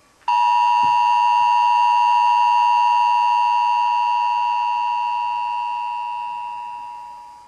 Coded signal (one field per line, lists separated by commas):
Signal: Emergency Alert System (SAME) tones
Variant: 853 and 960 Hz attention tone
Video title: EAS